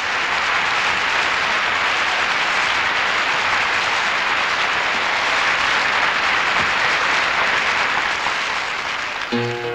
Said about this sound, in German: Auftrittsapplaus.